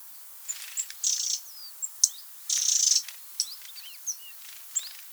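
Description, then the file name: Eurasian wren with two buzzy, pulsing rattle calls, surrounded by sharp ticks and thin curving whistles from other birds. "Troglodytes troglodytes"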